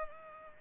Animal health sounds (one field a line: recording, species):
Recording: mosquito wingbeat signal from an infrared sensor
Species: Culex pipiens